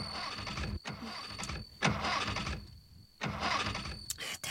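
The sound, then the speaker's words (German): A car engine with a shot-through fuel tank cranks again and again without catching, several loud, grinding bursts of the starter separated by brief pauses, with a thin steady whine running underneath. “Was ist denn mit dem Wagen los?”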